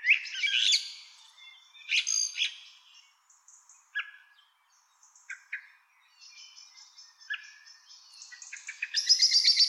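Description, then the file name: Common blackbird phrases: a warbled opening, then sparse soft chips and short notes, closing with a loud high buzzy twitter at the end. "Turdus merula"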